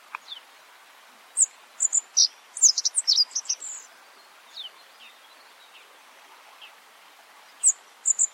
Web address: godlewski s bunting bird call